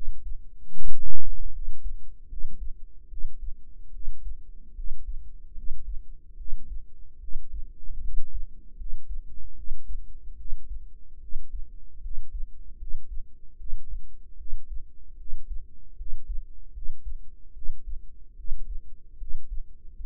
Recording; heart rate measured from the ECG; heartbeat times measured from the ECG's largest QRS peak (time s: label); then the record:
heart sounds by microphone in the right ear; 75 bpm
0.70 s: heartbeat
1.50 s: heartbeat
2.27 s: heartbeat
3.07 s: heartbeat
3.90 s: heartbeat
4.73 s: heartbeat
5.53 s: heartbeat
6.35 s: heartbeat
7.18 s: heartbeat
7.99 s: heartbeat
8.75 s: heartbeat
9.54 s: heartbeat
10.35 s: heartbeat
11.18 s: heartbeat
12.00 s: heartbeat
12.76 s: heartbeat
13.55 s: heartbeat
14.35 s: heartbeat
15.15 s: heartbeat
15.95 s: heartbeat
16.71 s: heartbeat
17.52 s: heartbeat
18.34 s: heartbeat
19.16 s: heartbeat
19.94 s: heartbeat
From the record:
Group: healthy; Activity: rest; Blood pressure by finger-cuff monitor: 99/60 mmHg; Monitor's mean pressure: 73 mmHg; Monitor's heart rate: 75 bpm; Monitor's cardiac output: 6.5 L/min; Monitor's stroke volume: 86 mL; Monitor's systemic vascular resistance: 810 dyn s/cm5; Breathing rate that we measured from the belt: 17 breaths a minute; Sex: female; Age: 19 years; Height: 163 cm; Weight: 48.9 kg